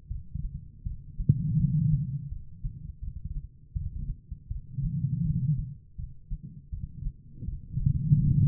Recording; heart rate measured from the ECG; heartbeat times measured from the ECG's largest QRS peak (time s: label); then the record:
heart sounds by stethoscope; 81 bpm
0.08 s: heartbeat
0.84 s: heartbeat
1.57 s: heartbeat
2.29 s: heartbeat
3.00 s: heartbeat
3.73 s: heartbeat
4.48 s: heartbeat
5.23 s: heartbeat
5.96 s: heartbeat
6.70 s: heartbeat
7.45 s: heartbeat
8.20 s: heartbeat
From the record:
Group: healthy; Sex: female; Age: 51 years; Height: 162 cm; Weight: 70.04 kg